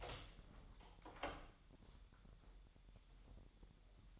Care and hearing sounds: daily activity, microphone in the room; open door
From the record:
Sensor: 3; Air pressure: 1001.2 hPa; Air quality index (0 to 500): 249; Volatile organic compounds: 173 ppm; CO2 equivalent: 4116 ppm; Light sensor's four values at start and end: 12/29/12/12 and 12/29/12/12

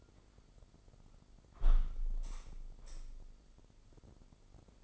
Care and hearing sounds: daily activity, microphone in the room; close window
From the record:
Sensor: 5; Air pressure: 995.8 hPa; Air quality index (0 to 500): 95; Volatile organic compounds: 5 ppm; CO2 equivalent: 1812 ppm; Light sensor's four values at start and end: 40/97/39/41 and 40/96/39/40

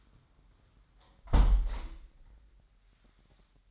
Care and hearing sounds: daily activity, microphone in the room; close window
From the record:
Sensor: 3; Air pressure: 998.6 hPa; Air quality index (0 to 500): 144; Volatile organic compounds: 5 ppm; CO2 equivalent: 1732 ppm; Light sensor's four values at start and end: 10/23/10/10 and 9/23/9/10

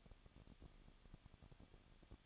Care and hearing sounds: daily activity, microphone in the room; no activity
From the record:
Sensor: 4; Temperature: 23.1 degrees Celsius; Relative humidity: 34.2%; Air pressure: 1007.2 hPa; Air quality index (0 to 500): 217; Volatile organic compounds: 15 ppm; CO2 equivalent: 2507 ppm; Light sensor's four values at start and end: 2/3/1/1 and 2/3/1/1

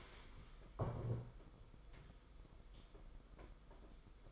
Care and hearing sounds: daily activity, microphone in the room; stand up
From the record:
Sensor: 5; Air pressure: 990.7 hPa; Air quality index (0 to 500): 150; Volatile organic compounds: 160 ppm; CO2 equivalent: 4067 ppm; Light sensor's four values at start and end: 43/132/51/54 and 43/132/51/54

